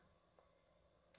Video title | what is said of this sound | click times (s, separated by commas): Cara Menggunakan Router Advan Harvard - Bantuan Peralatan TIK Tahun 2022 - Modem Harvard CPE20 LTE | masukkan sampai terdengar bunyi klik maka artinya itu sim card yang kita masukkan sudah masuk | 1.2 s